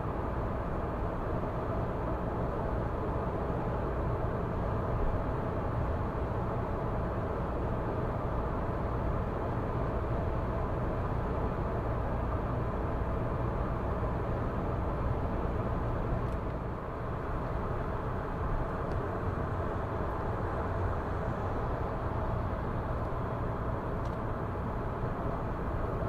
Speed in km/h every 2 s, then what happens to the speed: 106, 106, 106, 110, 114, 117, 117, 114, 111, 109, 107, 106, 106.
0-10 speeds up to 117. 10-26 slows to 106.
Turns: none.